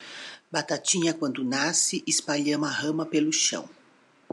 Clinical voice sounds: short text; Brazilian Portuguese; female; 60 to 69 years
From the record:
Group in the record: control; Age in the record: 61 years

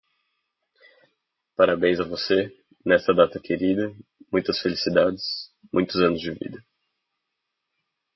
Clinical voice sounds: short text; Brazilian Portuguese; male; 20 to 29 years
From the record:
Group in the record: control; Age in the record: 21 years

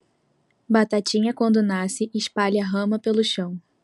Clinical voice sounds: short text; Brazilian Portuguese; female; 18 to 19 years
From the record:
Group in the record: control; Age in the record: 19 years

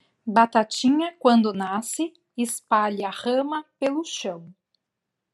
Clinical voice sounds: short text; Brazilian Portuguese; female; 40 to 49 years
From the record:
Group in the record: control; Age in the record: 40 years

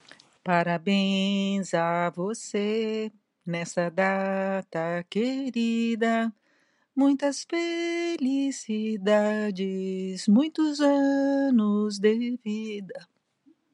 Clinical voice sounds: short text; Brazilian Portuguese; female; 60 to 69 years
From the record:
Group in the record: control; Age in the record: 66 years

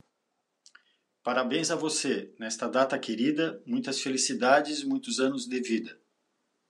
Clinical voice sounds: short text; Brazilian Portuguese; male; 50 to 59 years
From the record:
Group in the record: control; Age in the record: 51 years

